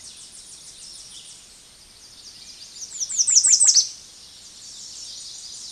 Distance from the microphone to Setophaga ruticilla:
about 15 m